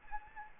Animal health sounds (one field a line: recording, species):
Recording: mosquito wingbeat signal from an infrared sensor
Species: Anopheles arabiensis